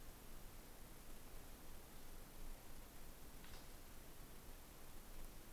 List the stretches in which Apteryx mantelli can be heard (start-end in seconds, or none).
none